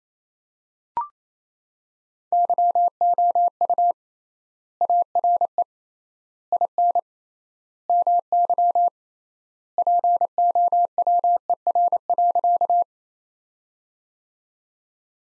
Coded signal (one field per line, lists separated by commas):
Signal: Morse code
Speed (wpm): 28 wpm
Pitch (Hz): 700 Hz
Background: none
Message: YOU ARE IN MY POWER.